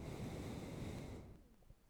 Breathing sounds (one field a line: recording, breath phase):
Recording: one breath near a microphone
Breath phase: exhalation